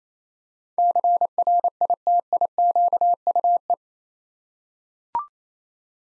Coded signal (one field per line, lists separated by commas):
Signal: Morse code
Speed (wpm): 28 wpm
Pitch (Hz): 700 Hz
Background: none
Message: CRITIQUE